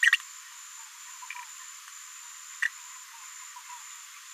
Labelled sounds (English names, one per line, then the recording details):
Green-rumped Parrotlet babbling
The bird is a female
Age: 36 days
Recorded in a nest box in Venezuela
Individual 17B73B4